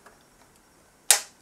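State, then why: Seated. A main floor tool is pushed onto the wand or handle of a Miele Complete C2 Cat & Dog vacuum cleaner and locks in place with a sharp, bright click at 1.1 s, which fades quickly over about a quarter second. The click fitting holds the tool on securely until its release button is pressed. Before that there is only a faint tick near 0.1 s over quiet background.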